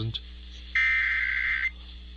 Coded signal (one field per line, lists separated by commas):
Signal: Emergency Alert System (SAME) tones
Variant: header bursts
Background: speech